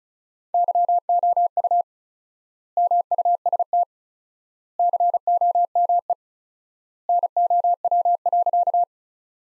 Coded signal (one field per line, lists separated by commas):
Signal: Morse code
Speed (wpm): 34 wpm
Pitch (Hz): 700 Hz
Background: none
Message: YOU MUST COME NOW.